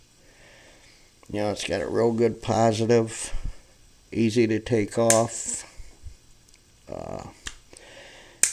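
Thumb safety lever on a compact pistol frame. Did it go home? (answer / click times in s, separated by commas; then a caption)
yes / 8.4 s. Someone talks while working the manual thumb safety lever on a small steel-and-aluminium Kimber Micro .380 compact pistol frame, pushing it up into place with a little pressure. Faint ticks come before a sharp, loud click at 8.4 s as the safety snaps firmly into its detent and is seated.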